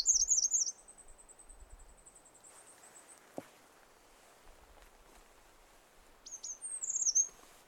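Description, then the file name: Eurasian wren song: very high rattling notes, then a long rapid trill, a single click, and a final burst of sharp high notes near the end. "Troglodytes troglodytes"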